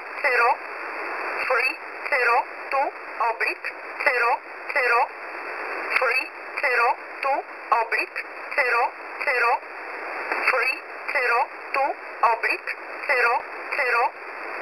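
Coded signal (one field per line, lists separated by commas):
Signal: numbers station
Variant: E11 Oblique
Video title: E11 Oblique 11/07/2023 1000 UTC 12153kHz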